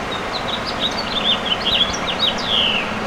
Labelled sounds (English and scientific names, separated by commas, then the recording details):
House Finch (Haemorhous mexicanus) song
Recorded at Patchogue on Long Island, New York, on 21 June 2013
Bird G